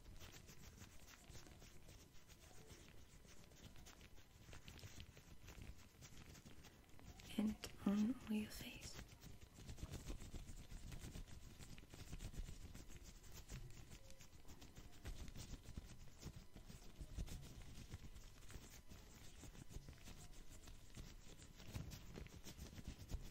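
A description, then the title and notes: Scalp and hair massage with steady, dense rustling and soft brushing strokes that run throughout, mostly low and muffled. Around the seventh to ninth second a brief louder burst stands out, with a faint murmur-like tone, before the even scratching resumes. ASMR 10 Personal Attention Triggers (Scalp Massage, Face Massage, Stipple, Hair Brushing).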